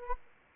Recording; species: mosquito wingbeat signal from an infrared sensor; Anopheles arabiensis